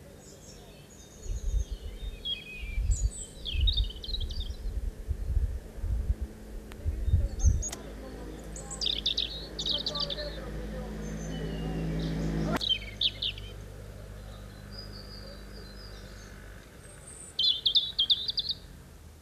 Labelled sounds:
European Robin (Erithacus rubecula) song

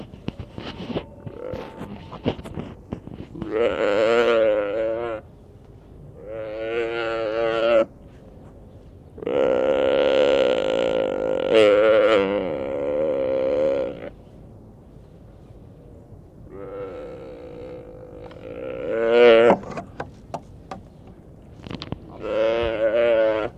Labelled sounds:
Mule Deer (Odocoileus hemionus) call

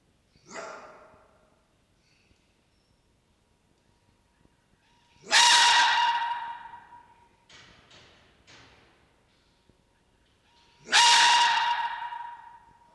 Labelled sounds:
Red Fox (Vulpes vulpes)

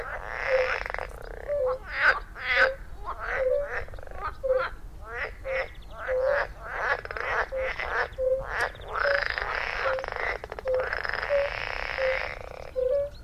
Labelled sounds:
Fire-Bellied Toad (Bombina bombina) call

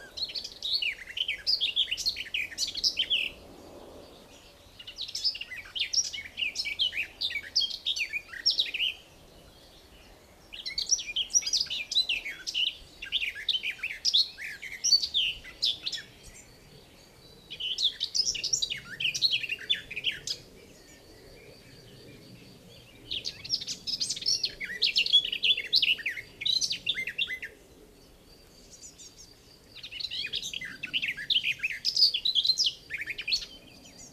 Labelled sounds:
Garden Warbler (Sylvia borin) song

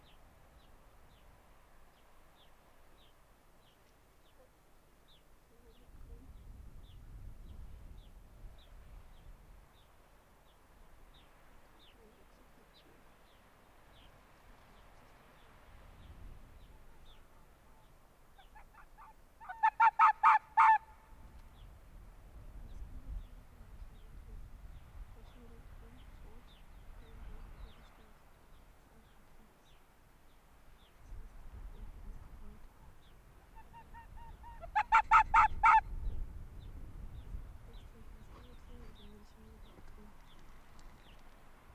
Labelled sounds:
Arctic Fox (Vulpes lagopus)

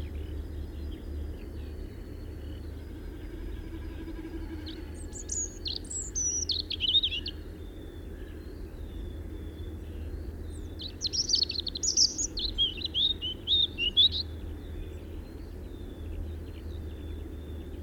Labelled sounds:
European Robin (Erithacus rubecula) song

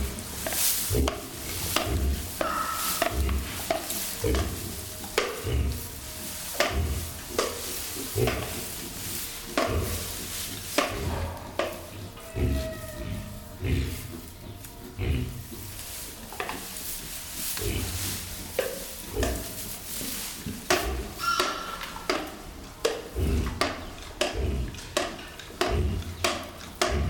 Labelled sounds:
White-lipped Peccary (Tayassu pecari)

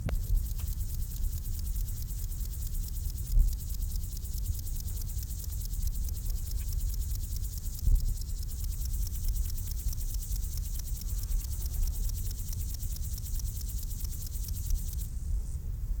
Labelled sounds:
Upland Field Grasshopper (Chorthippus apricarius) stridulation, Bow-winged Grasshopper (Chorthippus biguttulus)

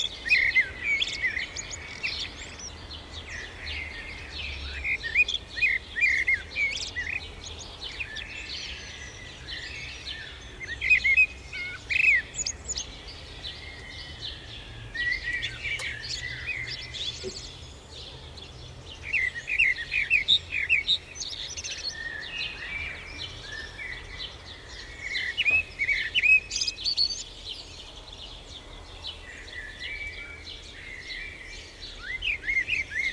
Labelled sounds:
Common Blackbird (Turdus merula) song

